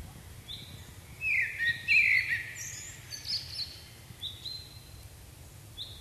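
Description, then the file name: Common blackbird calls: a few bright, chirpy notes bunched in the middle, then fainter scattered high chips over a steady background hiss. "Turdus merula"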